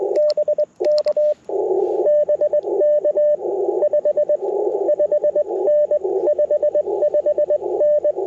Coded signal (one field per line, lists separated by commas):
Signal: Morse code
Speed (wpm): 22 wpm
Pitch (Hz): 590 Hz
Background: radio noise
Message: BK BK 55N 55N